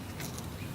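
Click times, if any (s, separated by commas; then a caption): none. A wheel is pushed onto the hub of an RC car's rear arm assembly and twisted to lock it in place. Brief handling noises stand out at about 0.2 and 0.4 seconds over a steady low rumble. Nothing has seated or clicked yet.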